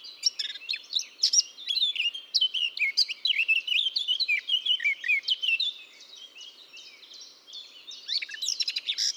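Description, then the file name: Eurasian blackcap song: about six seconds of dense, hurried warbling with mixed scratchy and fluty notes, a quieter pause, then loud song resumes. "Sylvia atricapilla"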